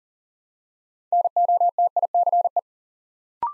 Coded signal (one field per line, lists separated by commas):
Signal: Morse code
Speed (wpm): 40 wpm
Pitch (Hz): 700 Hz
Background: none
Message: NOTICE